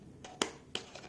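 A plastic side strap cover is pressed onto the other side of a Quest 3 VR headset body. Sharp snaps are heard at 0.4 s and 0.8 s as it seats in place, with softer contact sounds around them.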